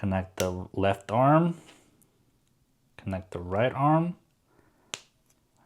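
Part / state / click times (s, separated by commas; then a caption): plastic figure arm into the torso socket of a model kit / seated / 4.9 s. Someone talks as the right arm of a plastic snap-fit figure model kit is pressed into the torso socket at the body joint. A sharp snap is heard at 4.9 s, and the arm is seated.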